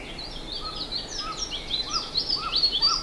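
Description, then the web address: Bird chirps: high, quick twittering notes tumbling together, with a few lower slurred calls underneath, lively and continuous over soft background noise. "BIRD 2015 SABIOD 50 bird 2015"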